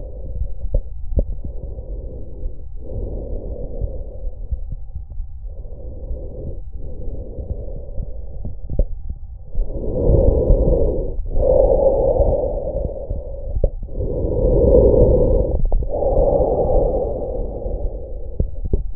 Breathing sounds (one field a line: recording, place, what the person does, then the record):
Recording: lung sounds by stethoscope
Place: trachea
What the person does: quiet breathing, then deep breathing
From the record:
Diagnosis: interstitial lung disease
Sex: male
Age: 66 years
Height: 172 cm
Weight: 107.6 kg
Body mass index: 36.4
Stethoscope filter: extended mode